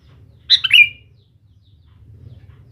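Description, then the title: Sooty-headed bulbul delivers a single quick, liquid phrase of a few notes, the last dropping in pitch, over a quiet low hum. "Kutilang"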